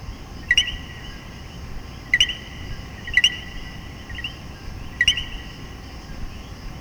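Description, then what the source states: Common coquí frog giving four two-note calls, a short low 'co' then a higher rising 'quí', spaced irregularly over a steady background hiss. Puerto Rico.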